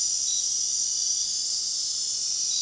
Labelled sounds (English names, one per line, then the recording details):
none
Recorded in dense forest near Puerto Asís, Putumayo, Colombia, on 13 March 2025 at 00:00
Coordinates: 0.499, -76.324
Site GP03